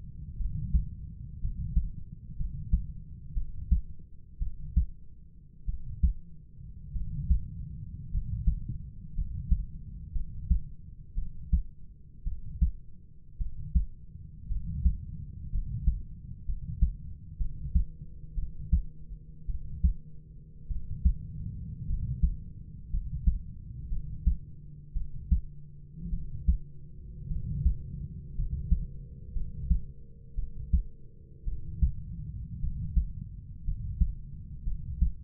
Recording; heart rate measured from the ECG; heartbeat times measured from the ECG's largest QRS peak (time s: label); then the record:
heart sounds by stethoscope; 56 bpm
0.38 s: heartbeat
1.40 s: heartbeat
2.37 s: heartbeat
3.34 s: heartbeat
4.39 s: heartbeat
5.66 s: heartbeat
6.93 s: heartbeat
8.11 s: heartbeat
9.14 s: heartbeat
10.13 s: heartbeat
11.15 s: heartbeat
12.24 s: heartbeat
13.38 s: heartbeat
14.48 s: heartbeat
15.51 s: heartbeat
16.45 s: heartbeat
17.38 s: heartbeat
18.35 s: heartbeat
19.47 s: heartbeat
20.68 s: heartbeat
21.86 s: heartbeat
22.90 s: heartbeat
23.89 s: heartbeat
24.93 s: heartbeat
26.10 s: heartbeat
27.28 s: heartbeat
28.35 s: heartbeat
29.33 s: heartbeat
30.35 s: heartbeat
31.45 s: heartbeat
32.60 s: heartbeat
33.64 s: heartbeat
34.64 s: heartbeat
From the record:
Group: healthy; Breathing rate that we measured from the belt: 9 breaths a minute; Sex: male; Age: 25 years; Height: 170 cm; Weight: 70.4 kg